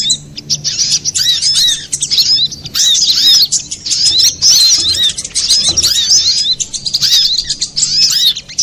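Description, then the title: Little spiderhunter song, long stretches of busy high chirping with repeated rising and falling slurs, broken by short pauses. Training track (masteran) for cage birds. "Masteran Burung Sogok Ontong Labaik"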